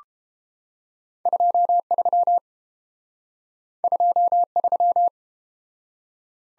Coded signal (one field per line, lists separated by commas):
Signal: Morse code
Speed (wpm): 30 wpm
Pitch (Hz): 700 Hz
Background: none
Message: 23 23